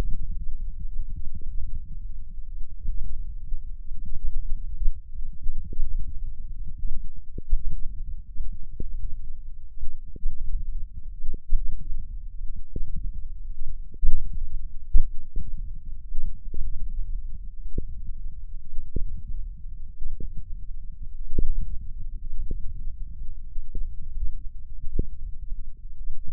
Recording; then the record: forearm muscle sounds (acoustic myography)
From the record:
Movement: hand opening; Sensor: system 1, eight BSWA MPA416 microphones around the upper forearm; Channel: 8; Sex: male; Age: 20 years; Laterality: left